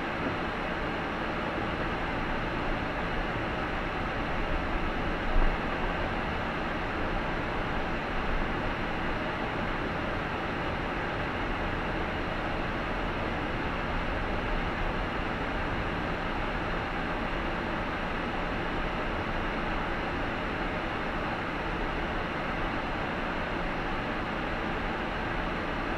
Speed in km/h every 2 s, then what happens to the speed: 4, 9, 13, 14, 16, 14, 12, 12, 13, 12, 11, 10, 10.
0-8 speeds up to 16. 8-26 steady at about 12.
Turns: 1-4, 8-16.